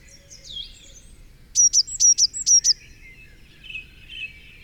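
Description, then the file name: Eurasian blue tit giving one quick phrase of several high, clear notes, with softer twittering before and after. "Cyanistes caeruleus"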